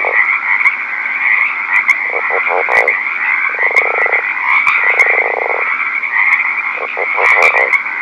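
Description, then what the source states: Northern leopard frog giving low rattling snore calls, some in short pulsed groups and others as longer drawn-out rattles, against a constant high-pitched chorus. Recorded at night.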